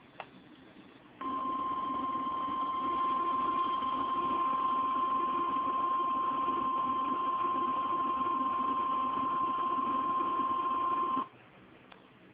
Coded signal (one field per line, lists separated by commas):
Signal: Emergency Alert System (SAME) tones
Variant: 1050 Hz attention tone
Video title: my EAS alerts from #3 to #11 Severe Thunderstorm Warning